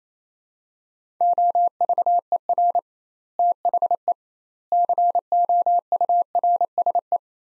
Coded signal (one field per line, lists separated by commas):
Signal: Morse code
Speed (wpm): 28 wpm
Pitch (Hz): 700 Hz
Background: none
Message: OVER THE COURSE